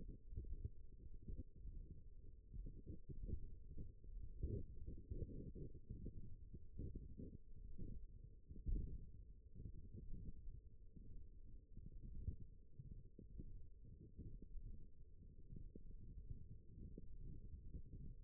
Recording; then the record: forearm muscle sounds (acoustic myography)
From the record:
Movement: thumb flexion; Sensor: system 1, eight BSWA MPA416 microphones around the upper forearm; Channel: 7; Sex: female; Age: 20 years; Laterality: right